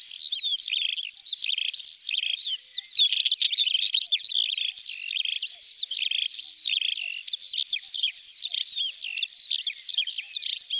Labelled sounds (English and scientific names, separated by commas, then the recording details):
Northern Wheatear (Oenanthe oenanthe) song
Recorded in the wild
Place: Neuenwalde / Cuxhaven, Schleswig-Holstein, DE
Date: 1985-05-22
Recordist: Schwarz, Dieter